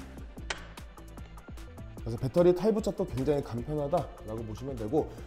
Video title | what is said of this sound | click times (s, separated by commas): 미드모터로 더 강력하게💪 하이브리드 설계로 성능⬆- '이지라이드' [허밍버드] | 딸깍 소리 날 때까지만 밀어주시면 됩니다. | 0.5 s